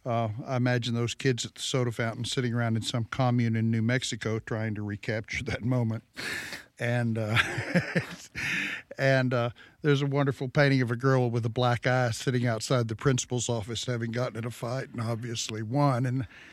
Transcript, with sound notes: I imagine those kids at the soda fountain sitting around in some commune in New Mexico trying to recapture that moment. (laughs)
And there's a wonderful painting of a girl with a black eye sitting outside the principal's office, having gotten in a fight and obviously won,